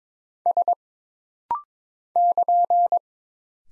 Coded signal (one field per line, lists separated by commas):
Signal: Morse code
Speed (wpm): 22 wpm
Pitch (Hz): 700 Hz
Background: none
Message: S <KN>